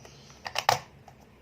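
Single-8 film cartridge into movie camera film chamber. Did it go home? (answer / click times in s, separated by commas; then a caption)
yes / 0.7 s. A Single-8 film cartridge is pressed into the film chamber of an Elmo 8S-40 Single-8 movie camera, with the film guided between the pressure plate and the gate. Light clicks at about 0.5 and 0.6 s lead to a sharp, loud snap at 0.7 s as the cartridge seats, though it still needs checking around the corners afterward.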